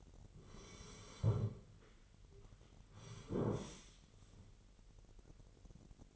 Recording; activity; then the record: daily activity, microphone in the room; sit down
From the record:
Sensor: 4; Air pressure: 999.4 hPa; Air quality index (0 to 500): 107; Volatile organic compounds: 2 ppm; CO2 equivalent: 1060 ppm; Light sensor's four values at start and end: 11/26/10/11 and 11/26/10/11